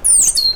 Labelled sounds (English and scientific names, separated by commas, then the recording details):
Stitchbird (Notiomystis cincta) song
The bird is a male
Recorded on Tiritiri Matangi Island, New Zealand, in 2005
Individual 12, of nest box 16